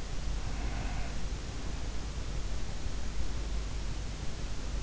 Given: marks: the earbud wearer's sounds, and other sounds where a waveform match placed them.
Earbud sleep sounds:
sounds in sleep by an in-ear microphone; breath
0.22-2.45 s: breath

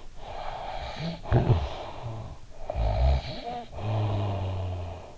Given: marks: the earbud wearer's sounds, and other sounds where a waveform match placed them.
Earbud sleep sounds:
sounds in sleep by an in-ear microphone; snoring breath
0.29-2.40 s: snoring breath
2.59-5.00 s: snoring breath

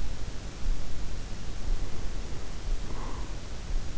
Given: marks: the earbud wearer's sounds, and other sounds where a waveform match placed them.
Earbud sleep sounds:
sounds in sleep by an in-ear microphone; breath
1.05-3.58 s: breath

